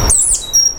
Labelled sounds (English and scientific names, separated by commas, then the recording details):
Stitchbird (Notiomystis cincta) song
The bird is a male
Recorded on Tiritiri Matangi Island, New Zealand, in 2005
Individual 12, of nest box 16